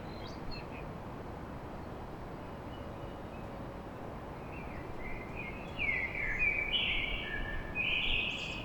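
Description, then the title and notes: Common blackbird, one long rich warbling phrase building in the second half and ending in scratchy high notes, over faint city noise. Recorded at dawn in Paris. "Blackbird Poetry At Paris On. Enregistrement d'un chant de merle à l'aube dans Paris"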